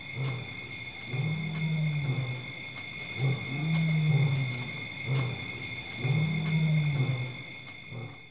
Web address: Sound Effects Library (Africa- The Natural World) LIONS, Lions with insext chorus, in forest at dusk